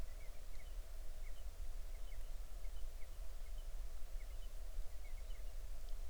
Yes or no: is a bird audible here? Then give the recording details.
yes. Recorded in the Arctic National Wildlife Refuge, Alaska, on 20 July 2019 at 03:23. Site 38